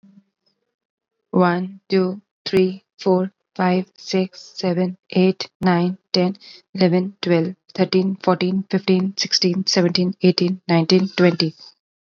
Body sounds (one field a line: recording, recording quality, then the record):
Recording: counting at a normal pace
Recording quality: excellent, no background noise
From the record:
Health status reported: exposed to COVID-19, no respiratory illness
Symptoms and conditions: sore throat, fatigue, muscle pain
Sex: female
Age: 32 years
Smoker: no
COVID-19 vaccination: both doses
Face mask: worn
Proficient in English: yes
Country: India